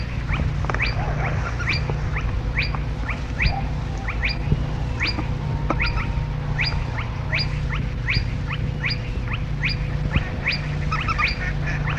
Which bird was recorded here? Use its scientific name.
Porzana porzana